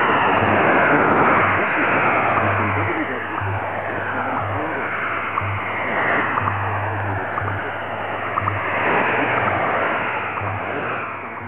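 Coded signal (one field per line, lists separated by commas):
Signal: HF data modem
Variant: STANAG 4285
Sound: steady rushing digital hiss filling the voice band, low hum pulsing underneath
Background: time-signal hum, radio static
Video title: Unid Stanag 4285 QRM over WWVH & WWV - 10000 kHz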